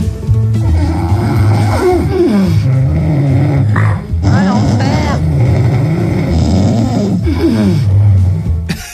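Loud, harsh, low rumbling snoring that barely lets up, a heavy nighttime snore in an adult man, with peaks of 95 decibels, comparable to a semi-trailer at full speed on the motorway. He was later treated with a mask sending continuous air into the nose.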